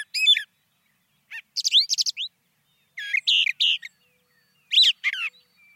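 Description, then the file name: Brown thrasher song: varied phrases of high chirps and slurred whistles, separated by short pauses. "suara-kicauan-brown-thrasher 2-omkicau"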